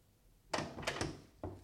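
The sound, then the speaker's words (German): Someone tries to open Aunt Luisa's locked door, rattling and jolting it in four sharp, clattering bursts at an uneven rhythm, with no voices. “Tante Luisas Tür ist tatsächlich zugesperrt”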